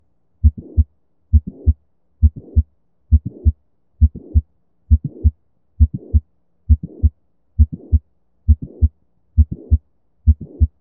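A regular simulated heartbeat at about 67 beats a minute. Each cycle has a sharp mid-systolic click followed by a soft late systolic murmur before the second sound. This pattern is typical of mitral valve prolapse, where the leaflets bulge back and leak.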